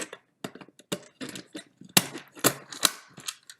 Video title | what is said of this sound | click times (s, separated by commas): How to Upgrade or Rehandle Your Autoslide | That's clicked back into place. | 2.0 s, 2.9 s